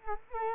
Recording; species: mosquito wingbeat signal from an infrared sensor; Culex quinquefasciatus